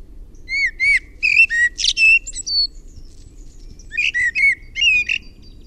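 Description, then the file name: Common blackbird singing two warbled, whistled phrases separated by about a second of quiet, over faint low background noise. "MUSTARASTAS"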